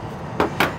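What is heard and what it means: A plastic handset (mic/speaker) is clipped onto the side mount of a GUOHETEC TBR-119 portable radio. Against a low, steady background, two short, sharp clicks ring out at 0.4 s and 0.6 s, the second slightly louder. The handset is seated on the side of the radio.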